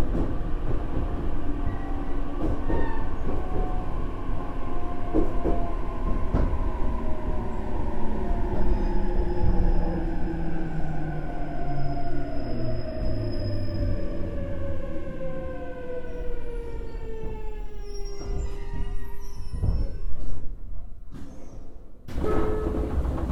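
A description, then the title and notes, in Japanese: A JR Kyushu 817 series electric train runs along, its motor whine sliding steadily downward as it slows over most of the clip. A deep rumble and scattered rail clicks continue underneath, and the sound briefly breaks up and quiets near the end. JR九州 817系 福北ゆたか線 吉塚から篠栗まで。It is a running sound of JR Kyushu 817 series trains.I recorded it on the local train of Fukutoku Yutaka Line (Chikuho Line).The section is from Yoshizuka to sasaguri.817系電車の走行音。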